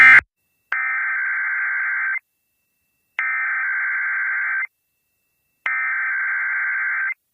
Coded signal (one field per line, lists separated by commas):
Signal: Emergency Alert System (SAME) tones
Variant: header bursts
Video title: East Coast Chaos Episode 41: An East West Slight - 8/17/2024